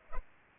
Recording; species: mosquito wingbeat signal from an infrared sensor; Culex pipiens